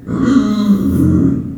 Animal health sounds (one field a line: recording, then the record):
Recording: squeal of a Yucatan mini pig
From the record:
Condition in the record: after surgery on the right vocal fold (resection and tissue-engineered implant)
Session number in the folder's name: 6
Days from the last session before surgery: 40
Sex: female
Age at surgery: 19 weeks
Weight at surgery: 25 kg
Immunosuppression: prednisolone